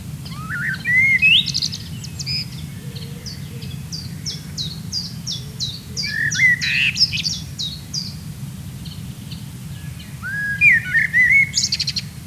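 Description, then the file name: Common blackbird offers several mellow warbled phrases ending in squeaks, with a rapid series of high notes from another bird and a continuous low rumble. "Turdus merula"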